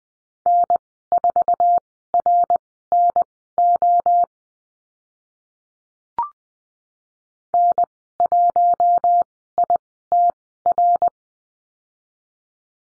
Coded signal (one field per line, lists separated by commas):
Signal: Morse code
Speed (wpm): 20 wpm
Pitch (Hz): 700 Hz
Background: none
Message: N4RNO N1ITR